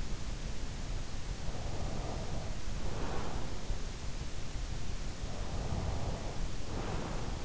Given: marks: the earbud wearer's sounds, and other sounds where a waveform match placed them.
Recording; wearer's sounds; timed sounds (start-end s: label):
sounds in sleep by an in-ear microphone; breath
1.21-3.98 s: breath
5.31-7.45 s: breath